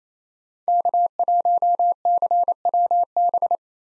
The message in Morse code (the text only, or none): K1CWB